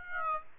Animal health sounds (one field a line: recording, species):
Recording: mosquito wingbeat signal from an infrared sensor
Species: Aedes aegypti